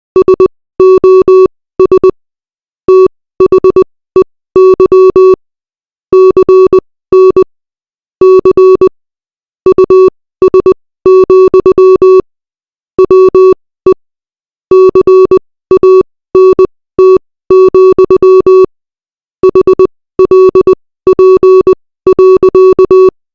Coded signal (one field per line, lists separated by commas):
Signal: Morse code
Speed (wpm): 20 wpm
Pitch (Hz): 380 Hz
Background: music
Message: SOS THEY CN C US, WE CANT, HLP.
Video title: Morse Code